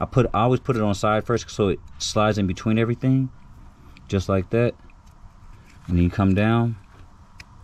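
Someone talks while sliding the DRL ribbon wiring harness for a 2014-and-up Jeep Grand Cherokee sideways between the surrounding parts, then starting to bring it down toward its front-end mounting hole. Only speech and faint handling noise are heard. Nothing has seated or clicked yet: the harness's plastic retaining clip has not snapped into place.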